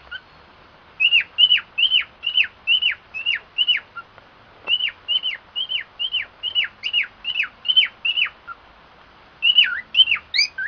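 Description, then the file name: Cockatiel song: two bursts of short hooked whistles, each sliding down sharply, with a brief pause between, then a few twisting notes at the end. White-faced variety; song. "canto da calopsita cara branca"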